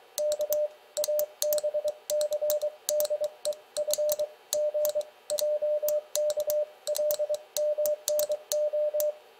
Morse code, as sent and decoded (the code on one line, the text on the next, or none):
-.- / .- -... -.-. -.. . ..-. --. .--- -.- .-.. -- -. ---
K ABCDEFGJKLMNO